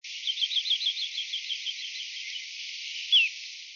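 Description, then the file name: Little ringed plover calls, a rapid run of short high notes that slowly fades, followed by one clear downward-slurred note. "kochidori"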